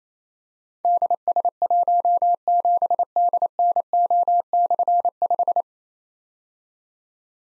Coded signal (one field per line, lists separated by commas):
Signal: Morse code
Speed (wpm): 28 wpm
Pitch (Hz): 700 Hz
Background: none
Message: DS17DNO/5